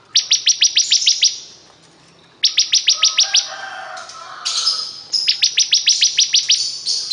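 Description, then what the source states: Bar-winged prinia song of quick, evenly spaced high clicks in three bursts, with a brief quieter gap and a buzzy rasping phrase between them. Persistent, vigorous singing (gacor).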